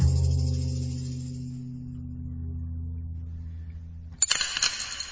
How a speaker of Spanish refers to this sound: No es tan fácil. Por muy recto que coloquemos el lápiz, siempre se acaba cayendo. Da igual cuántas veces lo intentemos o lo perfectamente vertical que lo pongamos.